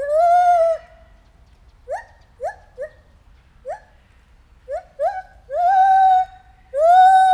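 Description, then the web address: White-handed gibbon calling: a long hoot, then several short upward notes, building to two long loud cries at the end. At Debrecen Zoo in 2019, during our first encounter. "allathangok debrecenizoo 2019. feherkezu gibbon"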